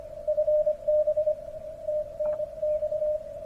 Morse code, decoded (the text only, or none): FB TNX